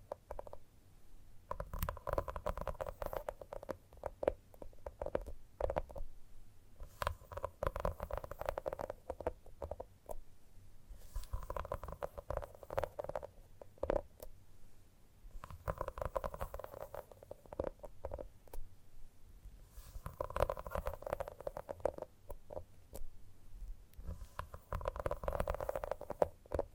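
Gentle tapping comes in dense, rapid flurries that swell every few seconds, each burst carrying a hollow, mid-pitched ring and a soft low rumble underneath. Between the flurries the taps thin out into sparse, quieter clicks before the next cluster builds again.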